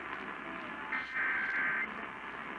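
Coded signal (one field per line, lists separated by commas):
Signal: Emergency Alert System (SAME) tones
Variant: header bursts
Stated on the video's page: Compilation of received EAS tests.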